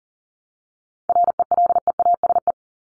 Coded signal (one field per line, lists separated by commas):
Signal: Morse code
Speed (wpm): 40 wpm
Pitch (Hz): 700 Hz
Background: none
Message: RELEASE